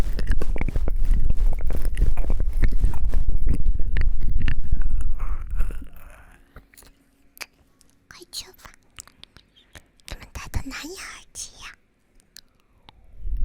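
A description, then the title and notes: Fast, chaotic ear eating and licking: for the first six seconds a dense, loud stream of wet clicks, smacks and crackles. Then it drops away to sparse, quieter mouth clicks and short wet smacks with gaps between, and a final burst returns right at the end. ASMR Ear Eating Licking Fastest Chaotic.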